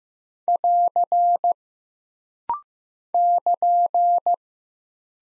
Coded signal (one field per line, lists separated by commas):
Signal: Morse code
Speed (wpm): 15 wpm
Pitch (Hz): 700 Hz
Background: none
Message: <AR> <KN>